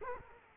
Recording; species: mosquito wingbeat signal from an infrared sensor; Culex quinquefasciatus